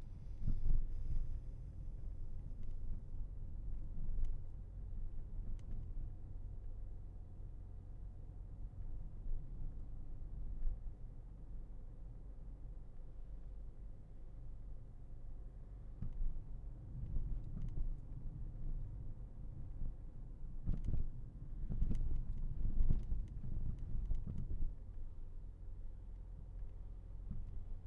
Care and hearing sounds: everyday scene through a hearing-aid microphone; in a vehicle; engine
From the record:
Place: Berlingo II, diesel engine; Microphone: behind the ear, left, rear

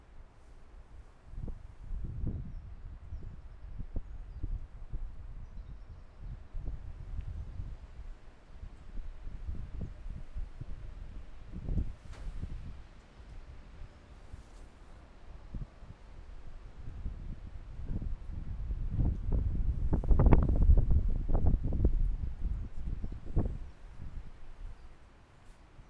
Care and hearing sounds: everyday scene through a hearing-aid microphone; wind on the microphone; squally wind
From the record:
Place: parking lot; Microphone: behind the ear, left, rear

